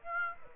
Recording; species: mosquito wingbeat signal from an infrared sensor; Aedes aegypti